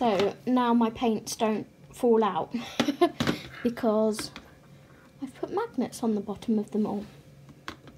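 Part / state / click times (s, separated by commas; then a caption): magnetic paint pan into metal palette / seated / 7.7 s. A paint pan with a magnet glued to its base is set into a metal gouache palette while someone talks. A sharp snap at 7.7 seconds is the magnet pulling the pan down, and it clicks into place and sits seated.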